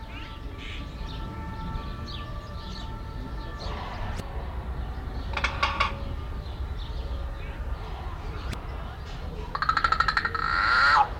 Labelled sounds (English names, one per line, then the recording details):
Yellow-faced Myna call
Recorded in captivity
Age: adult
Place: Zoo Berlin, Berlin, DE
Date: 1994-06-11 12:13
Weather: heiter, 12-16°C
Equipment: Marantz CP 430, Sennheiser ME 80, Kopie Uher Variocord 263
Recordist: Tembrock, Günter